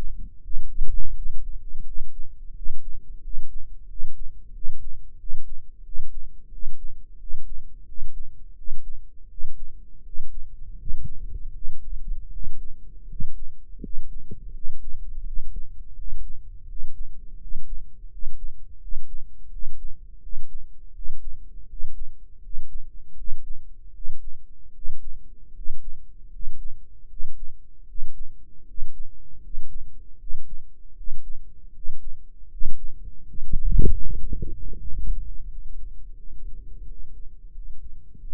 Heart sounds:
heart sounds by microphone in the right ear; 83 bpm
0.40 s: heartbeat
1.12 s: heartbeat
1.82 s: heartbeat
2.52 s: heartbeat
3.19 s: heartbeat
3.85 s: heartbeat
4.51 s: heartbeat
5.16 s: heartbeat
5.81 s: heartbeat
6.48 s: heartbeat
7.16 s: heartbeat
7.84 s: heartbeat
8.54 s: heartbeat
9.27 s: heartbeat
10.01 s: heartbeat
10.75 s: heartbeat
11.51 s: heartbeat
12.29 s: heartbeat
13.06 s: heartbeat
13.79 s: heartbeat
14.51 s: heartbeat
15.22 s: heartbeat
15.93 s: heartbeat
16.65 s: heartbeat
17.37 s: heartbeat
18.08 s: heartbeat
18.78 s: heartbeat
19.48 s: heartbeat
20.19 s: heartbeat
20.91 s: heartbeat
21.65 s: heartbeat
22.39 s: heartbeat
23.14 s: heartbeat
23.91 s: heartbeat
24.71 s: heartbeat
25.51 s: heartbeat
26.28 s: heartbeat
27.06 s: heartbeat
27.84 s: heartbeat
28.63 s: heartbeat
29.39 s: heartbeat
30.16 s: heartbeat
30.93 s: heartbeat
31.70 s: heartbeat
32.47 s: heartbeat
33.23 s: heartbeat
33.98 s: heartbeat
34.71 s: heartbeat
35.46 s: heartbeat
36.16 s: heartbeat
36.83 s: heartbeat
37.50 s: heartbeat
38.16 s: heartbeat
From the record:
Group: healthy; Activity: rest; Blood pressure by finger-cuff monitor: 88/61 mmHg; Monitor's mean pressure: 68 mmHg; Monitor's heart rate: 83 bpm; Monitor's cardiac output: 7.2 L/min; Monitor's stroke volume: 85 mL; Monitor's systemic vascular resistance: 680 dyn s/cm5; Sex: male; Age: 23 years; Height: 178 cm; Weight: 96.6 kg

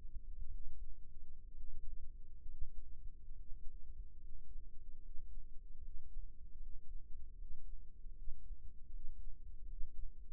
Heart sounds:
heart sounds by microphone in the right ear; 72 bpm
0.50 s: heartbeat
1.53 s: heartbeat
2.46 s: heartbeat
3.34 s: heartbeat
4.19 s: heartbeat
5.00 s: heartbeat
5.80 s: heartbeat
6.58 s: heartbeat
7.36 s: heartbeat
8.14 s: heartbeat
8.91 s: heartbeat
9.67 s: heartbeat
From the record:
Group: healthy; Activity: breath hold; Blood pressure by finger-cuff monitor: 87/51 mmHg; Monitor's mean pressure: 58 mmHg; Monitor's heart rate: 73 bpm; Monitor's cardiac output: 6 L/min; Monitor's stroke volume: 88 mL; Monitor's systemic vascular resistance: 640 dyn s/cm5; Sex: male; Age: 22 years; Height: 181 cm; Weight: 79 kg

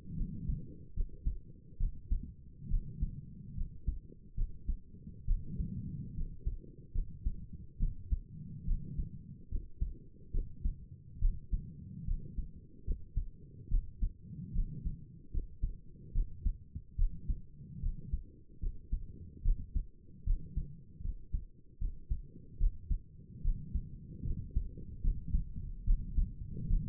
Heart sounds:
heart sounds by stethoscope; 72 bpm
0.17 s: heartbeat
0.95 s: heartbeat
1.79 s: heartbeat
2.70 s: heartbeat
3.56 s: heartbeat
4.36 s: heartbeat
5.27 s: heartbeat
6.15 s: heartbeat
6.94 s: heartbeat
7.79 s: heartbeat
8.66 s: heartbeat
9.50 s: heartbeat
10.33 s: heartbeat
11.21 s: heartbeat
12.06 s: heartbeat
12.86 s: heartbeat
13.70 s: heartbeat
14.54 s: heartbeat
15.32 s: heartbeat
16.14 s: heartbeat
16.97 s: heartbeat
17.81 s: heartbeat
18.61 s: heartbeat
19.44 s: heartbeat
20.25 s: heartbeat
21.03 s: heartbeat
21.80 s: heartbeat
22.59 s: heartbeat
23.43 s: heartbeat
24.25 s: heartbeat
25.02 s: heartbeat
25.86 s: heartbeat
26.69 s: heartbeat
From the record:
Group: healthy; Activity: rest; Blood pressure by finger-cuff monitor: 88/58 mmHg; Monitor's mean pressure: 66 mmHg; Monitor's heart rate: 72 bpm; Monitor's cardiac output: 5.5 L/min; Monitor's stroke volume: 78 mL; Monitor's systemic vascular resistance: 840 dyn s/cm5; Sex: female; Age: 22 years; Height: 163 cm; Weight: 67.1 kg

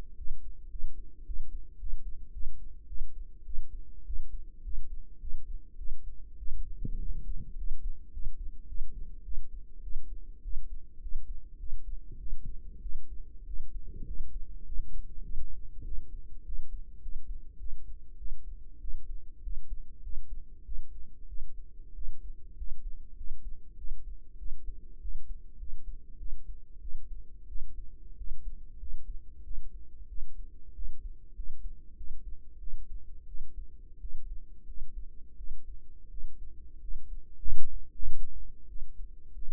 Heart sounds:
heart sounds by microphone in the right ear; 98 bpm
0.18 s: heartbeat
0.71 s: heartbeat
1.27 s: heartbeat
1.80 s: heartbeat
2.33 s: heartbeat
2.88 s: heartbeat
3.46 s: heartbeat
4.06 s: heartbeat
4.64 s: heartbeat
5.21 s: heartbeat
5.78 s: heartbeat
6.38 s: heartbeat
6.99 s: heartbeat
7.57 s: heartbeat
8.12 s: heartbeat
8.68 s: heartbeat
9.24 s: heartbeat
9.83 s: heartbeat
10.43 s: heartbeat
11.01 s: heartbeat
11.59 s: heartbeat
12.19 s: heartbeat
12.82 s: heartbeat
13.46 s: heartbeat
14.06 s: heartbeat
14.65 s: heartbeat
15.24 s: heartbeat
15.84 s: heartbeat
16.45 s: heartbeat
17.01 s: heartbeat
17.59 s: heartbeat
18.18 s: heartbeat
18.80 s: heartbeat
19.42 s: heartbeat
20.02 s: heartbeat
20.64 s: heartbeat
21.27 s: heartbeat
21.94 s: heartbeat
22.56 s: heartbeat
23.16 s: heartbeat
23.77 s: heartbeat
24.38 s: heartbeat
25.00 s: heartbeat
25.58 s: heartbeat
26.18 s: heartbeat
26.80 s: heartbeat
27.47 s: heartbeat
28.16 s: heartbeat
28.78 s: heartbeat
29.43 s: heartbeat
30.08 s: heartbeat
30.74 s: heartbeat
31.35 s: heartbeat
31.96 s: heartbeat
32.59 s: heartbeat
33.26 s: heartbeat
33.99 s: heartbeat
34.66 s: heartbeat
35.36 s: heartbeat
36.10 s: heartbeat
36.80 s: heartbeat
37.42 s: heartbeat
38.04 s: heartbeat
38.67 s: heartbeat
39.34 s: heartbeat
From the record:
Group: healthy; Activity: rest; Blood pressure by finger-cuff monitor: 90/61 mmHg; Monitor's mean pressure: 71 mmHg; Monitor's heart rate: 99 bpm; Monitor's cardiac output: 7.7 L/min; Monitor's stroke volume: 77 mL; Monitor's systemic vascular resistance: 670 dyn s/cm5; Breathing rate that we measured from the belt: 21 breaths a minute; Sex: female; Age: 19 years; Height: 163 cm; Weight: 48.9 kg

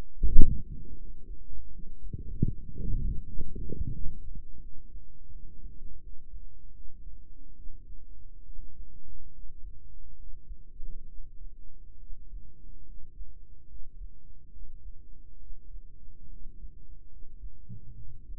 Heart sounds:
heart sounds by microphone in the right ear; 74 bpm
0.12 s: heartbeat
0.95 s: heartbeat
1.69 s: heartbeat
2.44 s: heartbeat
3.20 s: heartbeat
3.92 s: heartbeat
4.59 s: heartbeat
5.30 s: heartbeat
6.00 s: heartbeat
6.72 s: heartbeat
7.54 s: heartbeat
8.44 s: heartbeat
9.30 s: heartbeat
10.15 s: heartbeat
11.06 s: heartbeat
11.98 s: heartbeat
12.84 s: heartbeat
13.66 s: heartbeat
14.50 s: heartbeat
15.38 s: heartbeat
16.27 s: heartbeat
17.08 s: heartbeat
17.93 s: heartbeat
From the record:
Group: healthy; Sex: female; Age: 22 years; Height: 154 cm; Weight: 58.7 kg

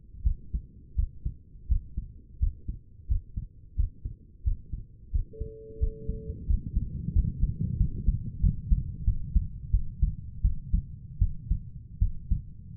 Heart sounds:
heart sounds by stethoscope; 87 bpm
0.24 s: heartbeat
0.96 s: heartbeat
1.68 s: heartbeat
2.40 s: heartbeat
3.08 s: heartbeat
3.76 s: heartbeat
4.44 s: heartbeat
5.12 s: heartbeat
5.80 s: heartbeat
6.47 s: heartbeat
7.13 s: heartbeat
7.78 s: heartbeat
8.41 s: heartbeat
9.05 s: heartbeat
9.71 s: heartbeat
10.42 s: heartbeat
11.19 s: heartbeat
11.99 s: heartbeat
From the record:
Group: healthy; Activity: rest 0-8 s, breath hold 8-13 s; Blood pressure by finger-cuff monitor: 128/81 mmHg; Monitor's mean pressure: 94 mmHg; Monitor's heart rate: 88 bpm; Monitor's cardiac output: 6.2 L/min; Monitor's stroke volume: 71 mL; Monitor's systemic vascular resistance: 1120 dyn s/cm5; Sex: female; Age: 37 years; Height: 168 cm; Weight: 70 kg

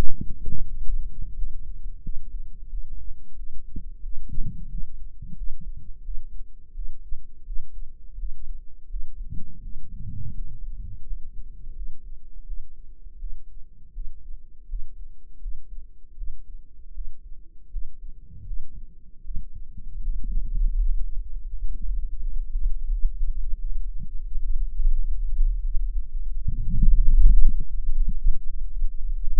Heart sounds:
heart sounds by microphone in the right ear; 84 bpm
0.64 s: heartbeat
1.33 s: heartbeat
2.00 s: heartbeat
2.68 s: heartbeat
3.34 s: heartbeat
4.01 s: heartbeat
4.67 s: heartbeat
5.34 s: heartbeat
6.02 s: heartbeat
6.72 s: heartbeat
7.43 s: heartbeat
8.16 s: heartbeat
8.87 s: heartbeat
9.60 s: heartbeat
10.33 s: heartbeat
11.04 s: heartbeat
11.73 s: heartbeat
12.44 s: heartbeat
13.17 s: heartbeat
13.91 s: heartbeat
14.66 s: heartbeat
15.39 s: heartbeat
16.14 s: heartbeat
16.92 s: heartbeat
17.69 s: heartbeat
18.44 s: heartbeat
19.22 s: heartbeat
20.01 s: heartbeat
20.75 s: heartbeat
21.46 s: heartbeat
22.18 s: heartbeat
22.89 s: heartbeat
23.56 s: heartbeat
24.23 s: heartbeat
24.92 s: heartbeat
25.62 s: heartbeat
26.33 s: heartbeat
27.02 s: heartbeat
27.74 s: heartbeat
28.47 s: heartbeat
29.18 s: heartbeat
From the record:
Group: healthy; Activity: rest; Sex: female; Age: 22 years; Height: 160 cm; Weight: 45 kg

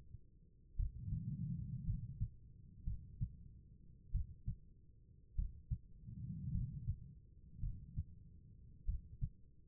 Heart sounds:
heart sounds by stethoscope; 52 bpm
0.76 s: heartbeat
1.85 s: heartbeat
2.84 s: heartbeat
4.12 s: heartbeat
5.35 s: heartbeat
6.52 s: heartbeat
7.60 s: heartbeat
8.85 s: heartbeat
From the record:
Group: healthy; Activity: cold pressor test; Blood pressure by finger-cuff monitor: 109/65 mmHg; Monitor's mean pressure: 78 mmHg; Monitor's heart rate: 49 bpm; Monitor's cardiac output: 4.4 L/min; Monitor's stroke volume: 87 mL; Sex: female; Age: 36 years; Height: 163 cm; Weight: 88 kg

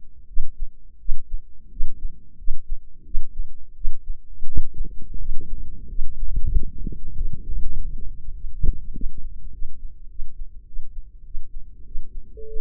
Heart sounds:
heart sounds by microphone in the left ear; 94 bpm
0.26 s: heartbeat
0.98 s: heartbeat
1.69 s: heartbeat
2.36 s: heartbeat
3.03 s: heartbeat
3.74 s: heartbeat
4.45 s: heartbeat
5.17 s: heartbeat
5.87 s: heartbeat
6.50 s: heartbeat
7.13 s: heartbeat
7.73 s: heartbeat
8.33 s: heartbeat
8.92 s: heartbeat
9.51 s: heartbeat
10.08 s: heartbeat
10.65 s: heartbeat
11.23 s: heartbeat
11.84 s: heartbeat
12.45 s: heartbeat
From the record:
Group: healthy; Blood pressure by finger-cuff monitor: 107/64 mmHg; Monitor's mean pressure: 77 mmHg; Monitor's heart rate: 98 bpm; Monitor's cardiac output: 7.8 L/min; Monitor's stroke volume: 83 mL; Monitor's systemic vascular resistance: 710 dyn s/cm5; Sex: female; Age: 22 years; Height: 157 cm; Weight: 47.6 kg

